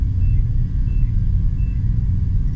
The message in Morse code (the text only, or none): none